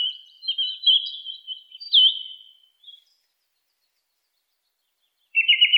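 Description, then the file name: Song thrush song: a twittering warbled phrase, a pause, then a fast trilled phrase. "suara-kicauan-burung-song-thrush -omkicau"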